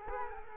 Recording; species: mosquito wingbeat signal from an infrared sensor; Culex quinquefasciatus